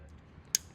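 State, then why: Seated. The male end of the 006 2766 extension wiring harness is pushed into the female end at the draw bar. Against a low background hum, one sharp click sounds at 0.6 s as the connector seats.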